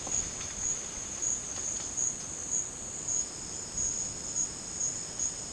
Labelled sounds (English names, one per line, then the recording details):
none
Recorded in dense forest near Puerto Asís, Putumayo, Colombia, on 12 March 2025 at 13:00
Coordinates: 0.486, -76.317
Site G053